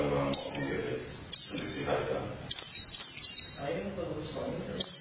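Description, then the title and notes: White-eye song: short bursts of very high, sweeping twitter notes about once a second, separated by brief quiet gaps with faint low background sound. "Suara kicauan burung pleci"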